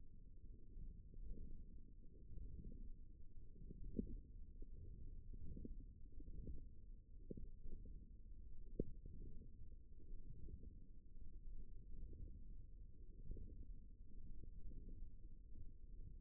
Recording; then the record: forearm muscle sounds (acoustic myography)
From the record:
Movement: wrist flexion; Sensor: system 1, eight BSWA MPA416 microphones around the upper forearm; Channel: 4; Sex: female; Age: 22 years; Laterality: right